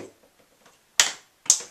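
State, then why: Seated. The dispenser compartment lid on the door of an Electrolux ESL 6225 dishwasher is pressed closed and latches with a sharp click at 1.0 s, confirming the compartment is closed. A second sharp click follows at 1.5 s, after faint low handling sounds earlier in the clip.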